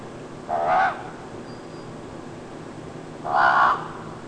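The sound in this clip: Common raven giving two hoarse croaks about three seconds apart.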